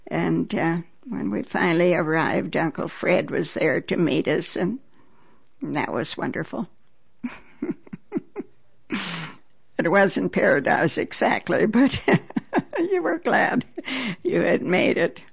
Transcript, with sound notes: And when we finally arrived Uncle Fritz was there to meet us, and that was wonderful. (She laughs.) It wasn't paradise exactly, but you were glad you had made it.